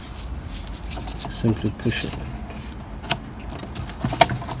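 A headlamp assembly on a Ford Focus 1.6 (MK2 facelift) is slid along two side brackets into the car body while someone talks. Handling knocks and sharp taps are heard, the loudest near the end. Nothing has seated or clicked into place yet.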